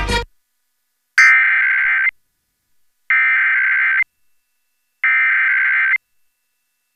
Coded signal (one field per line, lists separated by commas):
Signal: Emergency Alert System (SAME) tones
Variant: header bursts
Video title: EAS 319 - Georgia RMT on WSTR